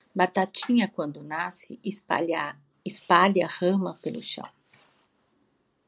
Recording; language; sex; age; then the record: short text; Brazilian Portuguese; female; 60 to 69 years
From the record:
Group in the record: control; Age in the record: 62 years